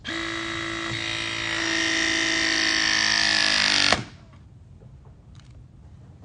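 A battery press tool crimps a press fitting onto tubing with a steady motor whine that rises in pitch over about four seconds. A sharp pop at 3.9 s marks the end of the cycle and a full press, and the motor cuts off. A few faint taps follow in the near-silence.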